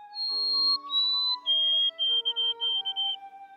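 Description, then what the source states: White-throated sparrow whistling its song: long pure high notes stepping down, then a series of quick repeated whistled notes. Male's song, heard by females as a potential mate; to male listeners another male's song signals a breeding rival.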